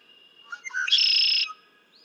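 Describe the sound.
Red-winged blackbird singing: brief clucking lead-in notes building into a harsh, buzzy, sustained trill that ends abruptly after about half a second.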